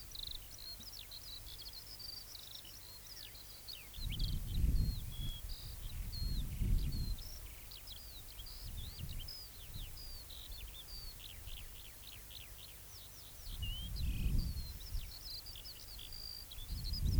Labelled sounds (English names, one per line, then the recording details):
Eurasian Skylark song
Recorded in the wild
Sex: male
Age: adult
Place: Köppchensee (Fließtal), NSG Fließtal, Berlin, DE
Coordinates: 52.6231, 13.3747
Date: 1996-07-14 18:08
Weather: overcast, gusty wind
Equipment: Sony MD-WM MZ-R3, Sennheiser MKH 416 T, Kopie Uher 4000 Report Monitor
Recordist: Tembrock, Günter